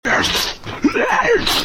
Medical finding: Sneeze.